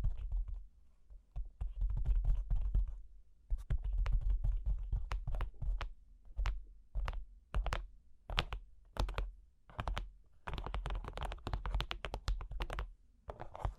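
Cork and wood are tapped, scratched and traced for about fourteen seconds. Sharp, bright taps come in quick irregular bursts, at times clustered like typing and at times spaced out, with scratchy rubbing stretches between them and a low dull thud underneath.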